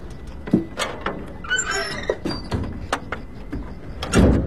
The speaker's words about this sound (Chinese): 门咋关上了呢？